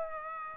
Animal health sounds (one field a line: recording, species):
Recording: mosquito wingbeat signal from an infrared sensor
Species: Aedes aegypti